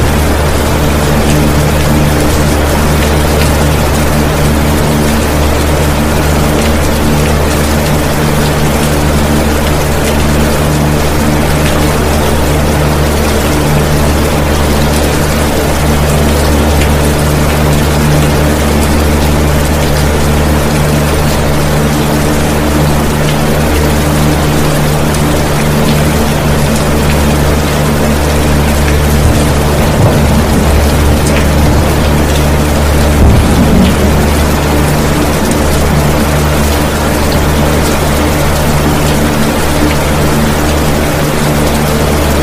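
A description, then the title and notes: A box fan runs on high speed with a steady low hum, several fixed droning tones stacked over a continuous hiss. Fine rain patters evenly across the top. Around thirty and thirty-three seconds a faint low rumble swells briefly, like distant thunder. Box Fan (High Speed) and Rain Sounds for Sleeping with Distant Thunder. Fan White Noise.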